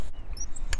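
The plastic/metal safety latch on the hinge of a folding bike's handlebar stem is closed after the stem has been snapped upright. Low background noise runs through the clip, then one sharp, bright click comes at 0.7 s. The latch is shut and seated.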